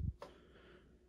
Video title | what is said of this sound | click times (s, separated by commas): Brother Profile 981 Sewing Machine: Loading The Bobbin | just going to pull on that tab and it'll lock into place. | 0.2 s